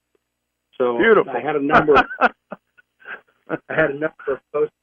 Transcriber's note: laughs